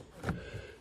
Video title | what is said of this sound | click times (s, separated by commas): Autostop Eliminator Install - 2023 Lincoln Aviator | and plug it in there until it clicks | 0.3 s